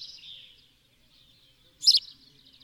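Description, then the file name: House sparrow giving a single abrupt, rasping chirp after a brief stretch of quiet twittering, then near silence. "Passer domesticus"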